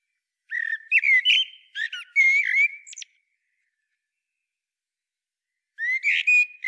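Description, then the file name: Common blackbird singing a warbled phrase ending in a thin high squeak, then a long silence and the start of another phrase. "Turdus merula"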